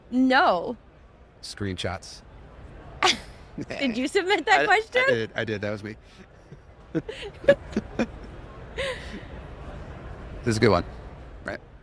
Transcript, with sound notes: No.
Screenshots.
Did you submit that question?
I- I did. I did. That was me. [All laugh] This is a good one, right?